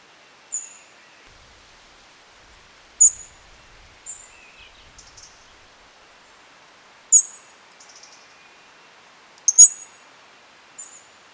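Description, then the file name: European robin calls: thin, very high, short notes given singly at uneven intervals, with a few softer twittering notes between them in a quiet setting. "Erithacus rubecula"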